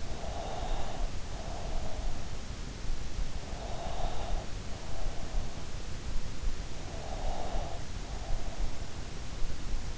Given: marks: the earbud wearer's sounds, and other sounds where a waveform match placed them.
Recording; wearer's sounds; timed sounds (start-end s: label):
sounds in sleep by an in-ear microphone; breath
0.00-2.05 s: breath
3.59-5.35 s: breath
6.85-8.70 s: breath